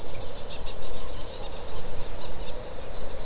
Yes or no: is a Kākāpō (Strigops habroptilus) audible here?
no